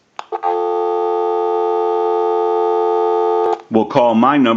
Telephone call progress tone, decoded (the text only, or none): dial tone